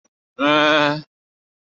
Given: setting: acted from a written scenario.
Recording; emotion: vocal sound without words; guilt